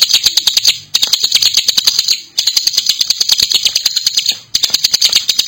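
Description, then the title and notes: Bar-winged Prinia song, quick, sharp high notes delivered in rapid bursts of about one to two seconds, separated by short pauses. Adults and young birds, singing vigorously (gacor). "Kicau Ciblek. putri sherin. suara burung ciblek gacor dan anakan"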